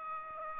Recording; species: mosquito wingbeat signal from an infrared sensor; Aedes aegypti